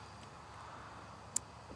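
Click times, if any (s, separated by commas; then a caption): 1.4 s. While reassembling a component in the engine bay of a Lexus LS 430 that cranks but won't start, a clip or fitting on the component is pushed home. Against a steady low background hum, one sharp, bright snap sounds at 1.4 s, and the part is seated.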